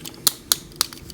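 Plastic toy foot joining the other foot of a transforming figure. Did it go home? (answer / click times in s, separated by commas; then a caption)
yes / 0.3 s, 0.5 s, 0.8 s. The two feet of a plastic KitzConcept Robotech Super Deformed VF-1S transforming toy jet are brought up and pushed together until they join. Three sharp, bright plastic clicks sound at 0.3, 0.5 and 0.8 seconds over a quiet background. The feet seat together.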